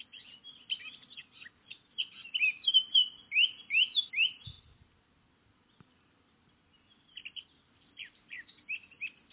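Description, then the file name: Eurasian blackcap song, a fast chattering warble building into louder fluty slurred notes, a brief pause with a soft thump, then the warbling resumes more quietly. "Sylvia atricapilla"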